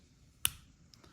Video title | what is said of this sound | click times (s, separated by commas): Benchmade Weekender - cool simplified EDC knife! | same deal it's it Clips it kind of clicks into place | 0.4 s